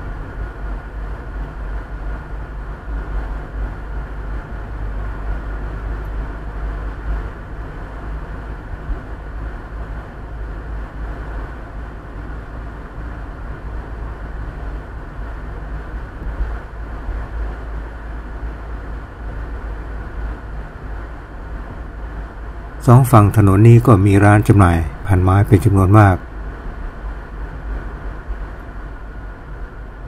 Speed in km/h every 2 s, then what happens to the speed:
48, 48, 49, 49, 51, 51, 51, 51, 51, 51, 50, 50, 50, 48, 47.
0-30 steady at about 50.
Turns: none.